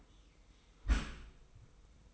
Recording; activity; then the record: daily activity, microphone in the room; close dishwasher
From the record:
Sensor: 1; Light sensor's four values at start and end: 24/55/23/25 and 24/55/23/25